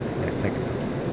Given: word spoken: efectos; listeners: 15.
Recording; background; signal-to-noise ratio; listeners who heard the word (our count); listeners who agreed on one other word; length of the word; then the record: one Spanish word in noise, from a listening test; speech-shaped noise; -5.4 dB; 2 of 15; 12 of 15; 0.73 s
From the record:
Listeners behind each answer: 12, 2, 1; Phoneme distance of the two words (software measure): 14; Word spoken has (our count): 3 syllables, 7 phonemes, stress on syllable 2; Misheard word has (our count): 3 syllables, 9 phonemes, stress on syllable 2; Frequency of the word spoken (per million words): 119.64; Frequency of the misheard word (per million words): 4.07